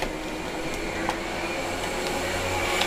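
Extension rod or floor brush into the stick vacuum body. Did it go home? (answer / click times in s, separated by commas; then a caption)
no / none. An extension rod or floor brush is being fitted by hand into the body of an AGARO cordless stick vacuum cleaner, with the plastic parts handled against a steady background hum and a brief tap at 1.1 s. Nothing has seated or clicked into place yet.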